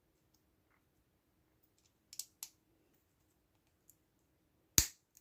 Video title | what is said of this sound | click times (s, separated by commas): Construction du set 71761 : Zane's Power Up Mech EVO | Ça clipse fort. Hein. Hop. | 4.8 s